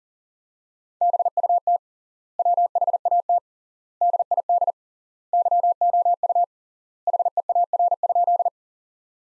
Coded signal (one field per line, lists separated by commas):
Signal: Morse code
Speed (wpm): 40 wpm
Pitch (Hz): 700 Hz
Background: none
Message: BUT WHAT DID YOU HEAR?